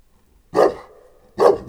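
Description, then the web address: St. Bernard and Moscow Watchdog mix: dog producing two short, loud barks just under a second apart, then a third cut off at the end. St. Bernard and Moscow Watchdog mix dog in a farmyard at a tourist lodge in Eger. "allathangok parasztudvar kutya bernathegyimoszkvaiorkutyakeverek egerturistahaz"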